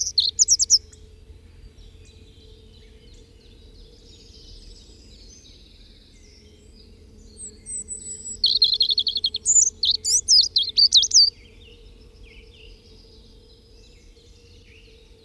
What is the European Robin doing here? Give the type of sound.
song